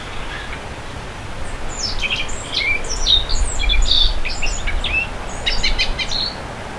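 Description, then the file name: Black-faced bunting calling with thin, high chirps and short notes in quick, irregular succession over a low rumbling background. "aoji"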